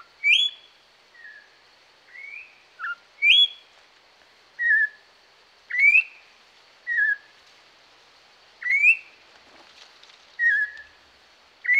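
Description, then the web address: Orange-backed troupial singing a long series of loud, mellow whistles that alternate between rising and falling notes at an uneven pace. Pantanal. "sescpantanal multimidia joao-pinto"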